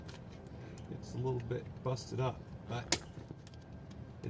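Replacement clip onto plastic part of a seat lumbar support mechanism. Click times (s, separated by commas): 3.5 s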